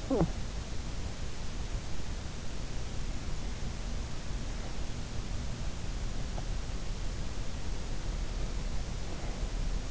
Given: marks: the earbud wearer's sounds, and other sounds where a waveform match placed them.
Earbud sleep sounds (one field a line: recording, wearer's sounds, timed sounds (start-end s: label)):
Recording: sounds in sleep by an in-ear microphone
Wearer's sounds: talking in sleep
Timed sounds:
0.00-0.38 s: talking in sleep